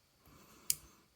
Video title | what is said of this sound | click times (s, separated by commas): Nonnef Productions tire and wheel upgrade kits for Earthrise Ironhide and Ratchet (painted version) | to just pop right in like that | 0.7 s